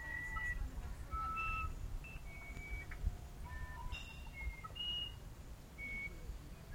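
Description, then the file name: Musician wren giving varied pure whistled notes, short and longer ones alternating at different pitches, over steady low-frequency background noise. "uirapuru"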